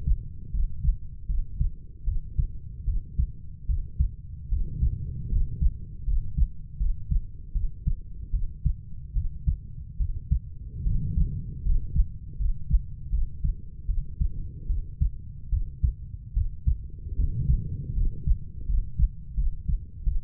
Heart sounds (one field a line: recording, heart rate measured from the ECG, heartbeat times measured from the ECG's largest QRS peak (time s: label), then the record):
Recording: heart sounds by stethoscope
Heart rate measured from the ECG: 77 bpm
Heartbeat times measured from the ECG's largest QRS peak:
0.52 s: heartbeat
1.27 s: heartbeat
2.05 s: heartbeat
2.85 s: heartbeat
3.67 s: heartbeat
4.49 s: heartbeat
5.29 s: heartbeat
6.05 s: heartbeat
6.78 s: heartbeat
7.53 s: heartbeat
8.31 s: heartbeat
9.14 s: heartbeat
9.98 s: heartbeat
10.83 s: heartbeat
11.63 s: heartbeat
12.37 s: heartbeat
13.10 s: heartbeat
13.87 s: heartbeat
14.67 s: heartbeat
15.50 s: heartbeat
16.34 s: heartbeat
17.16 s: heartbeat
17.94 s: heartbeat
18.66 s: heartbeat
19.35 s: heartbeat
20.04 s: heartbeat
From the record:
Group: healthy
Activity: rest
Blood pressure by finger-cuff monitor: 121/44 mmHg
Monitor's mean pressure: 70 mmHg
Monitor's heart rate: 75 bpm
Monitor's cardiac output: 10.4 L/min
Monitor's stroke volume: 136 mL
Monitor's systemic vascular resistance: 480 dyn s/cm5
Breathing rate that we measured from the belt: 10 breaths a minute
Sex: female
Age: 32 years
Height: 168 cm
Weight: 61.9 kg